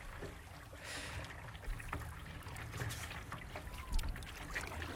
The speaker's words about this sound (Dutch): Klinkt het een beetje zoals het voor jou klinkt? Als het een hele rustige dag is dit volgens mij. Vlak water. Ja, alleen dat geratel klopt niet. Ik denk dat dit een roeiboot is en geen kajak, maar dat weet ik niet. Met de riemen, ja.